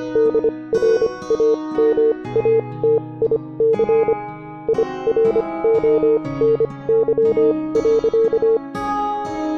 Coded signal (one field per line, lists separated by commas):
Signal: Morse code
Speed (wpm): 25 wpm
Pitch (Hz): 470 Hz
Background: music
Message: DRAMATIC IRONY.